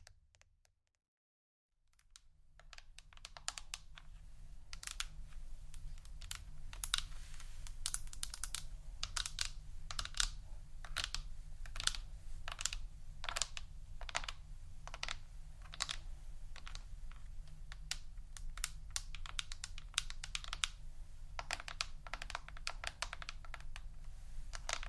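Tapping starts after about two seconds of silence and continues as a steady run of sharp, clicky strikes, several per second, much like keys on a keyboard. A constant low hum sits underneath throughout, and the taps stay bright and fairly even in loudness.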